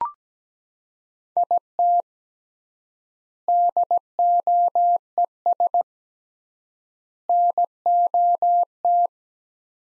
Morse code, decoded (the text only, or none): IT DOES NOT